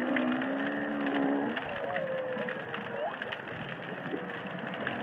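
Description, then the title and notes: Humpback whale singing, a low steady tone at the start, then a higher sliding moan and short upsweeps, with dense crackling underwater background. Underwater humpback whales singing and calling in the Indian Ocean. "Whale Song is a collection of underwater recordings of humpback whales singing and calling in the Indian Ocean."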